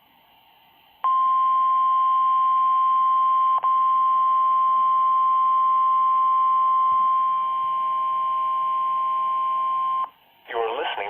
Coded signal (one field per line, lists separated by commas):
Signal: Emergency Alert System (SAME) tones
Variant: 1050 Hz attention tone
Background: speech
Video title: (200TH VIDEO) [EAS #41] RWT (3/7/2018)